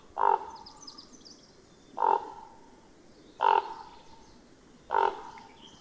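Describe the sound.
Bird giving short harsh croaking calls, four in under six seconds at irregular spacing, with faint high twittering in the background.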